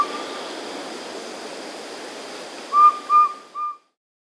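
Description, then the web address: Subtropical pygmy-owl giving three clear, even whistled toots about 0.4 seconds apart after a long stretch of rushing, stream-like background noise. Andes. "Natures Songs S America Andean Birds. Subtropical Pygmy-Owl (Glaucidium Parkeri)"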